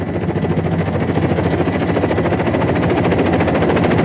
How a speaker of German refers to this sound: Sagt sie, während der Helikopter über die Felsen fliegt.